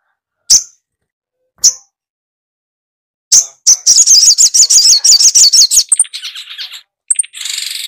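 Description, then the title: Spiderhunter song: a few sharp, high chips spaced apart, then a fast run of buzzy, high-pitched notes, ending in scratchy high notes. Masteran (training) recording for songbirds. "Masteran Burung Sogok Ontong Labaik"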